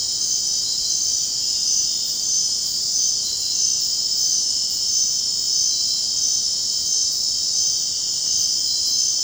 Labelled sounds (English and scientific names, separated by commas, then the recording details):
none
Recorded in dense forest near Puerto Asís, Putumayo, Colombia, on 24 June 2025 at 00:30
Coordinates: 0.499, -76.324
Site G100